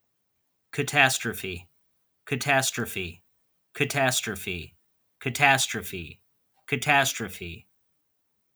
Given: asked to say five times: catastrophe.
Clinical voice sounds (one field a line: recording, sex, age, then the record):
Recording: repeated word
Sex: male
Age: 40 to 49 years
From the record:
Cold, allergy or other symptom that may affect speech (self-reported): no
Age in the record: 44 years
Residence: Michigan, United States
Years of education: 13